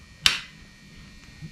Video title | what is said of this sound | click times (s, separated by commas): Timing my 5.0 3-2-1 Coyote Engine (Gen 3 short block, Gen 2 heads, Gen 1 stage 3 comp cams) | Push it down in there until you hear it click. | 0.3 s